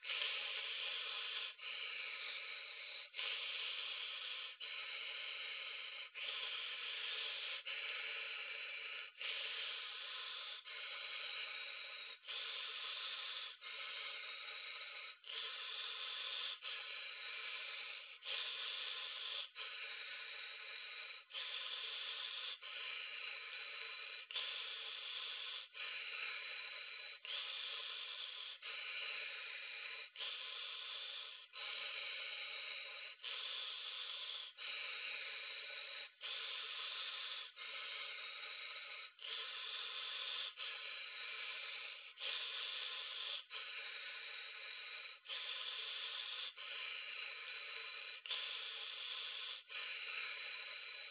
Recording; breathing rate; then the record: paced breathing near a phone; 20 breaths a minute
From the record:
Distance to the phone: 40 cm